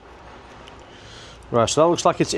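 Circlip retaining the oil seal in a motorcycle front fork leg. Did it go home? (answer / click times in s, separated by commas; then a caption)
no / none. A metal circlip has been fitted above the oil seal that was hammered into a Honda CBF1000 motorcycle front fork leg, and it is checked for the click that shows it is in its groove. Low, steady background noise with only a faint brief tick near 0.7 s, then someone talks from about 1.5 s. Nothing has clicked yet: the circlip is still loose and not in its groove, so the seal needs hammering down a bit more.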